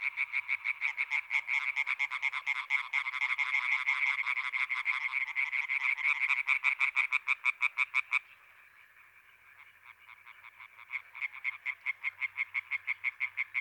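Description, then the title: European tree frogs in a dense chorus of rapid, harsh, rattling croaks, many frogs pulsing together; a brief lull after about eight seconds before calling resumes. Chorus, intense activity, at Etang des Marguilliers pond in Sologne, France, recorded 21 May 1993 at night, one hour after dark. "Choeur de rainettes en Sologne"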